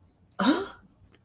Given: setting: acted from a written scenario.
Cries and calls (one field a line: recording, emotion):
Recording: vocal sound without words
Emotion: negative surprise